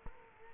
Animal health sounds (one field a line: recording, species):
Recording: mosquito wingbeat signal from an infrared sensor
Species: Culex quinquefasciatus